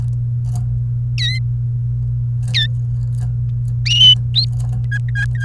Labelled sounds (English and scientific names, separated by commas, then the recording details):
Domestic Canary (Serinus canaria) song
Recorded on 28 April 2018 at 15:27
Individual llb3